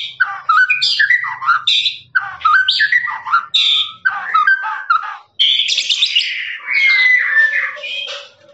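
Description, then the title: Lovebird song of rapid chattering phrases with squeaks and trills, rising into a longer shrill passage near the end. Long trilling "ngekek" song of a lovebird, used as a master recording for training birds. "MASTERAN LOVEBIRD NGEKEK PANJANG"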